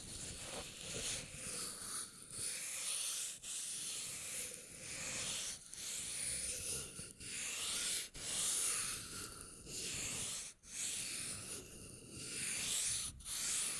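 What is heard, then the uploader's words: Rubbing and crinkling go on almost without pause, a dense, bright, scratchy texture across the whole fourteen seconds. Brief gaps break it roughly every one to one and a half seconds, like strokes being restarted, with a faint high whine running underneath. Rubbing and Crinkles (NO TALKING).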